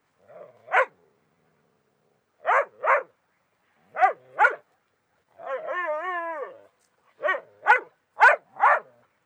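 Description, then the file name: Dog barking in short paired barks, with one drawn-out wavering howl-like whine in the middle, then more quick barks. Puppy. "Cachorro"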